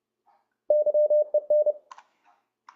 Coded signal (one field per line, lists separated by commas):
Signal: Morse code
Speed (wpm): 29 wpm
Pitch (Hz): 600 Hz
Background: none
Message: YEN